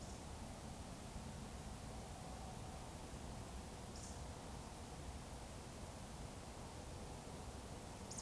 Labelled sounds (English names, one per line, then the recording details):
Eurasian Woodcock whistle
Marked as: whistle, whistle, whistle
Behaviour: display flight
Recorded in Baden-Württemberg, Germany, on 19 May 2020 at 20:08 UTC
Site 31917, 145 m above sea level